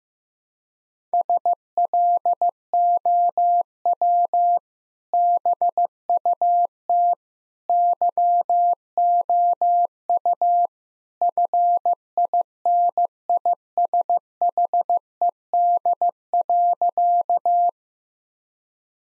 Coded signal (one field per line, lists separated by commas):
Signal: Morse code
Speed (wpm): 15 wpm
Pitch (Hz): 700 Hz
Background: none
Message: SLOW BUT YOU FINISHED.